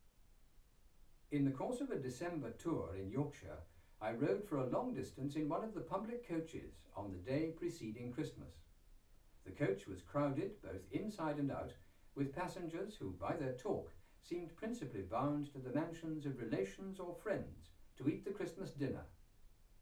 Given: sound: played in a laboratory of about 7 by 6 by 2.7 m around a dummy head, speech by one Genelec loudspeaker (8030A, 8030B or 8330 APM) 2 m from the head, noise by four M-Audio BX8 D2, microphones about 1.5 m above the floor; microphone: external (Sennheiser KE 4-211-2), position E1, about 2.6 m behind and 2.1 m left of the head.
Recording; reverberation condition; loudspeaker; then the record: male speech in English; low; 60 degrees to the right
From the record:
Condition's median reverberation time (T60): about 310 ms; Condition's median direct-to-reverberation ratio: about 3.5 dB